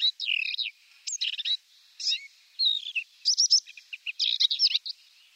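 Paddyfield warbler song: bursts of fast, chattering, scratchy notes mixed with whistled slurs, delivered in short phrases separated by brief pauses.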